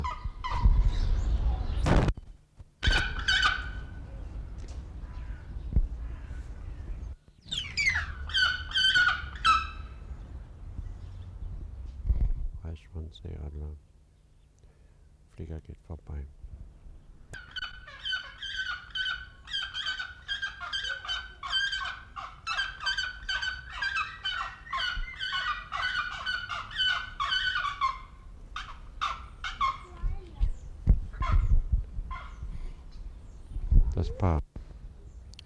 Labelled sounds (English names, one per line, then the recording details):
Pallas's Fish Eagle
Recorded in captivity
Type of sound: call, call sequence, cry
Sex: pair
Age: adult
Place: Zoo Berlin, Berlin, DE
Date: 1994-03-05 10:47
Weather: heiter, 4°C, Windböen
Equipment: Marantz CP 430, Sennheiser ME 80, Kopie Uher Variocord 263
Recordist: Tembrock, Günter
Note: Lautfolgen des Paares (Pfleger geht vorbei)